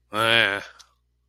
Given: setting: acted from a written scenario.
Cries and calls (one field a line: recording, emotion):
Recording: vocal sound without words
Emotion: neutral